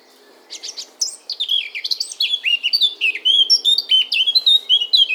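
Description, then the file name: Eurasian blackcap, a quiet start and then a rapid, rich warbling phrase of mixed whistles and chirps that keeps changing pitch. "Sylvia atricapilla"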